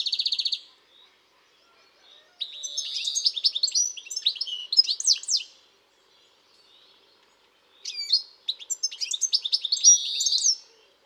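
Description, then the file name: European goldfinch twittering: a brief burst at the start, then two lively bursts of liquid, buzzy chirps separated by a pause of over two seconds, each burst lasting about three seconds. "Carduelis carduelis"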